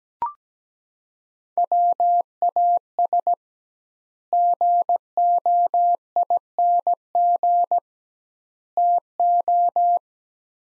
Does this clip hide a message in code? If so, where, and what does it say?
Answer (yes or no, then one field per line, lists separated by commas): yes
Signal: Morse code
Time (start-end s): 1.6-10.0 s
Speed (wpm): 17 wpm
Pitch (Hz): 700 Hz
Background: none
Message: WAS GOING TO